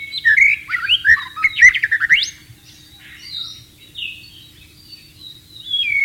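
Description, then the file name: White-rumped shama song: a burst of fast, looping whistled notes for two seconds, then quieter, drawn-out thin whistles after a pause. "suara burung murai batu di alam liar"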